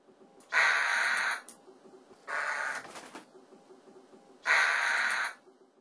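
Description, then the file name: Eurasian jay giving three harsh, rasping screeches, each nearly a second long, spaced about two seconds apart. Nemuro, Japan, 10 February 2012. "kakesu 120210 nemuro"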